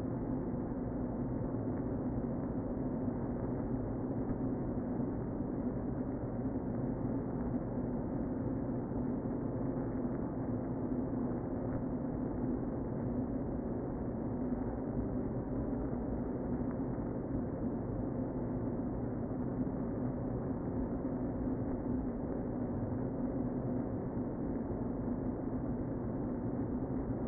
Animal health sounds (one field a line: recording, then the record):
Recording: honeybee colony, microphone inside the hive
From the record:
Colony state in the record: queen present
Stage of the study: before two queens were removed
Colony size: about 60,000 bees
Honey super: yes